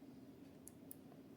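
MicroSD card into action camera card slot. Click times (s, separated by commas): 0.7 s, 0.9 s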